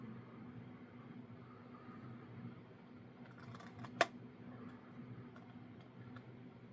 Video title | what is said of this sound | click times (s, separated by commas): Unboxing: BLI UP Kenefick coaches | put it simply can just be pushed back up and then it snaps back into place. | 4.0 s